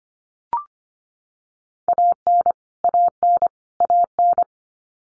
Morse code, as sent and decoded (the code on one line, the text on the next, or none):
.- -. / .- -. / .- -.
AN AN AN